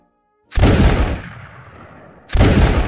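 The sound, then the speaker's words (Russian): Two loud gunshots boom out about two seconds apart on a clearing two versts from the road, the first trailing off in a long, rumbling echo before the second blast cuts in. No one speaks. “Звучали выстрелы на поляне в 2 верстах от тракта.”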